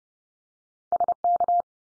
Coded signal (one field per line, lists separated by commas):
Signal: Morse code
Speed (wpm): 32 wpm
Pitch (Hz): 700 Hz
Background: none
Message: SK